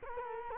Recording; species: mosquito wingbeat signal from an infrared sensor; Culex quinquefasciatus